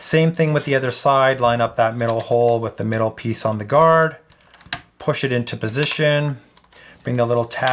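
Someone talks while lining up the middle hole of the plastic propeller guard for the second side of a small DJI Neo drone with the middle piece and pushing it onto the drone body. During a pause in the talk, two faint ticks are followed by a sharp, short snap at 4.7 s as the guard seats into position.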